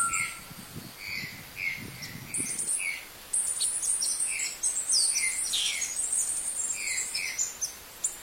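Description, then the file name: Silvery-breasted tanager song: short thin notes repeated at short, irregular intervals, with high sibilant trills and chips above, and low thumping noise during the first three seconds. "canto da saira perola"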